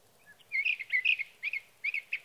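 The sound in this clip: Sage thrasher giving a quick warbling song of slurred, squeaky notes in clusters, with a faint low background hiss.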